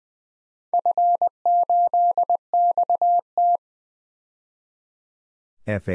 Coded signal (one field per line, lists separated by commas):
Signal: Morse code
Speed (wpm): 20 wpm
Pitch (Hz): 700 Hz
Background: none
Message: F8XT